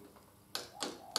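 A torque wrench set to 25 Nm is tightened on the first fork fastener of a 2016 Africa Twin CRF1000L during a fork oil change. It clicks sharply at 0.6 s, 0.8 s and 1.2 s, confirming the fastener has reached the set torque limit.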